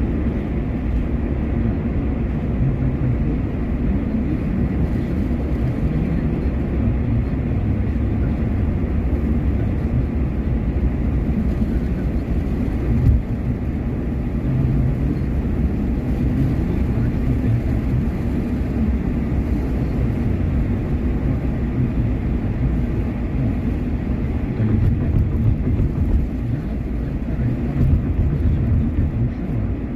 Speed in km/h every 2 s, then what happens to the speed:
68, 68, 68, 68, 68, 71, 75, 77, 77, 75, 73, 72, 69, 68, 65.
0-7 steady at about 68. 7-16 speeds up to 77. 16-30 slows to 65.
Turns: none.